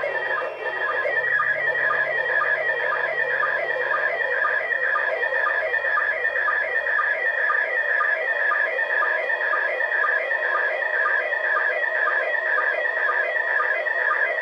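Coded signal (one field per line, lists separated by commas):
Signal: SSTV (slow-scan television)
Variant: PD 120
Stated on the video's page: SSTV images from the International Space Station on 2m simplex, 145.800 MHz, in PD120 mode.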